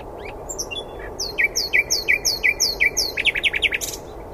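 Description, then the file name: Common nightingale song phrase of evenly repeated downslurred notes, ending in a quicker rattling flourish. "Luscinia megarhynchos"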